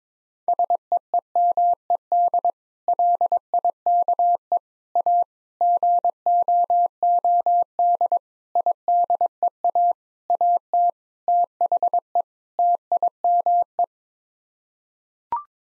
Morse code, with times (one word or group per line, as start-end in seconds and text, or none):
0.5-2.5 SEEMED
2.9-4.6 LIKE
5.0-5.2 A
5.6-8.2 GOOD
8.6-9.9 IDEA
10.3-10.9 AT
11.3-12.2 THE
12.6-13.8 TIME